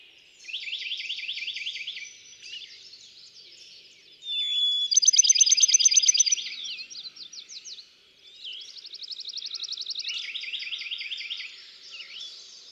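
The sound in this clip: Bachman's sparrow song: a short whistle leads into a quick, ringing trill about a second and a half long, set among dense twittering from other birds.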